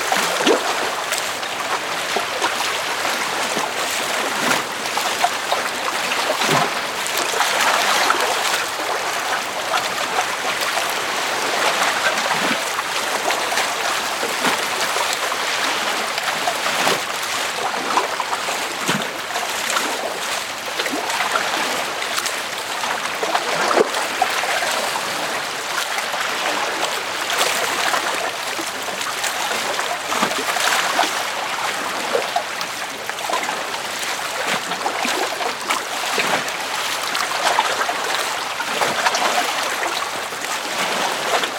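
Wind and waves on a sailing outing on Lake Chiemsee: a steady, dense rush and splashing of water fills the whole clip, bright and hissy. Frequent short slaps and sloshes break through every second or two, with no clear thunder.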